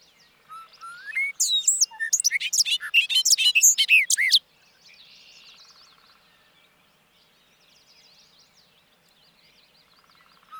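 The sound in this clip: Bobolink song, a rapid bubbling cascade of metallic, tinkling notes after soft whistled intro notes, followed by quieter twittering.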